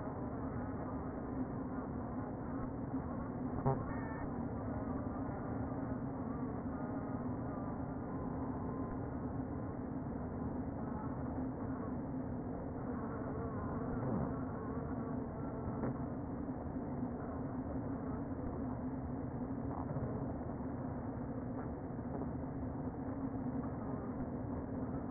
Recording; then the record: honeybee colony, microphone inside the hive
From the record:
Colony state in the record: queen present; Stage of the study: before two queens were removed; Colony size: about 60,000 bees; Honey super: yes